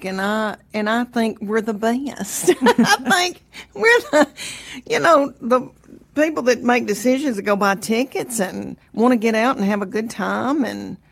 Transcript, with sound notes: And I think we're the best.
(LAUGHTER)
I think we're the - you know, the people that make decisions to go buy tickets and want to get out and have a good time.